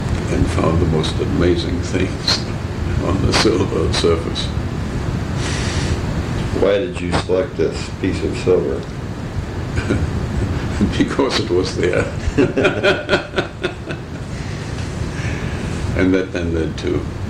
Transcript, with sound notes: and found the most amazing things on the silver surface.
Why did you select the piece of silver? [laughter]
Because it was there. And then, on to